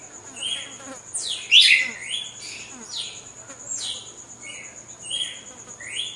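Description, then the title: Red-cowled cardinal song of sharp sweeping whistles, some dropping steeply and others slurring upward, spaced irregularly, over a constant high tone. Female, singing after the moult, in a song contest (disputa). "Canto Galo Campina Fêmea. GALO DE CAMPINA DEPOIS DA MUDA (disputa)"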